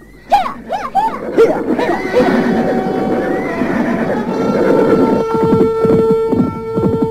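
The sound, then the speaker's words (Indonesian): A horse whinnies loudly in a quick series of high, quavering rising-and-falling cries, followed by a busy stretch of lower neighs, snorts and steady tonal sounds that continue to the end, as two riders spur their horses along a footpath at dusk. “Keduanya kemudian memacu kudanya menelusuri jalan setapak.”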